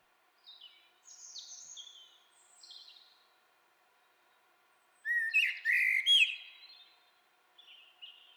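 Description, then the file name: Common blackbird call: faint high thin notes at first, then a loud harsh chattering burst, followed by a short quiet squeak. "Turdus merula"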